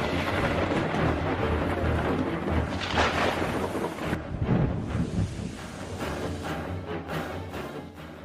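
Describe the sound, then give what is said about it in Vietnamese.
Thunder rumbles through a steady roar of heavy rain, with a loud crack around the middle and deep low rolling that stays dense for the whole stretch. No one speaks. “Bỏ lại sau lưng là cơn mưa tầm tã, sấm sét rạch ngang trời”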